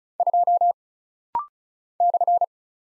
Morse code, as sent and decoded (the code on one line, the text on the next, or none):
..--- / -..-.
2 /